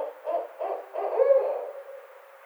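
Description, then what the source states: Barred owl call: two clipped hoots, then a longer emphatic hoot fading out at the end. Recorded on 29 May 2009.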